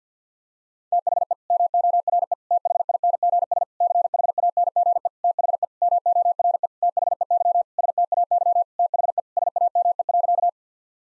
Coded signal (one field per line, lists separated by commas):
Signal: Morse code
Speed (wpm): 50 wpm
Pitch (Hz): 700 Hz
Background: none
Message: THE MORE THINGS CHANGE THE MORE THEY STAY THE SAME.